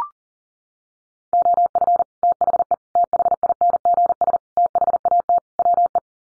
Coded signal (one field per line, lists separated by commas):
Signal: Morse code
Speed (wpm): 37 wpm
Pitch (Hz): 700 Hz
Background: none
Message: OF THE THINGS THAT WE